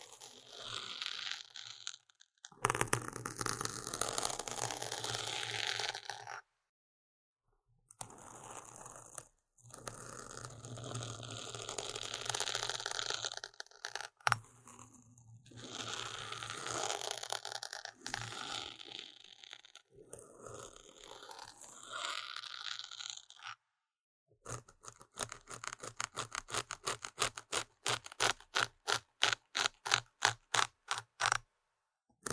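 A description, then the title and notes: Intense scratching comes in dense, rough bursts of several seconds each, separated by brief silences, with a faint low hum under the busier stretches. After about 25 seconds the scratching gives way to a quick, regular series of sharp taps that speeds up toward the end. Tingly Intense Scratching | NO Talking.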